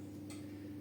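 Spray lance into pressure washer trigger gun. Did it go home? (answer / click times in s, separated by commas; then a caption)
no / none. A Karcher Vario spray lance is pushed against the trigger gun of a pressure washer before repair, but it won't go in because a sprung part inside the gun is jammed. Over a steady low hum there is only a faint tick at about 0.3 s. Nothing has seated or clicked into place, and the lance does not lock.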